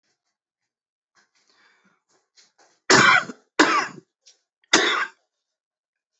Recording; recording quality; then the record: heavy voluntary cough; moderate, slight background noise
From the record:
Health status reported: exposed to COVID-19, no respiratory illness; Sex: male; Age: 30 years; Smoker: yes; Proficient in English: yes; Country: India